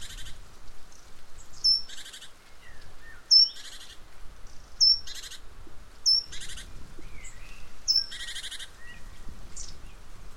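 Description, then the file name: Great tit scolding calls: thin high whistled notes each followed by harsh buzzy churrs, repeated about every one and a half seconds, with soft low background rumble. "Parus major"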